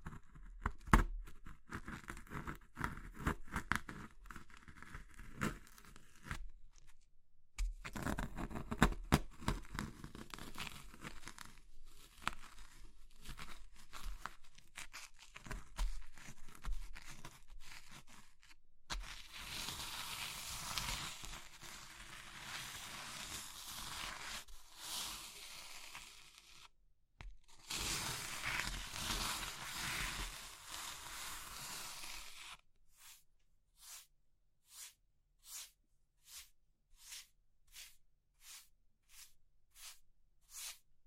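Crushing of brittle materials like soap, chalk or meringue, heard as dense crackly crumbling in bursts with short pauses near 7, 19 and 27 seconds. The middle stretch is a steadier, brighter grinding. The last eight seconds change to evenly spaced sharp crunches, about two per second.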